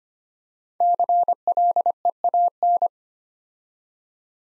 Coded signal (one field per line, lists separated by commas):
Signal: Morse code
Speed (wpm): 25 wpm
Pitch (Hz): 700 Hz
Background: none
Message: CLEAN